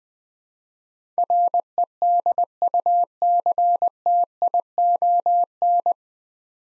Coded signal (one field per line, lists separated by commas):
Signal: Morse code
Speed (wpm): 20 wpm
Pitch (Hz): 700 Hz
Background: none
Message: REDUCTION